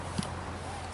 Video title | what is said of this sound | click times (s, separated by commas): Les tutos d'Anne-So ! Régler ses étriers à pied et à cheval - Galop 2 | tu t'en bien l'oreille tu peux entendre le petit claque métallique de l'étrier contre le couteau | 0.2 s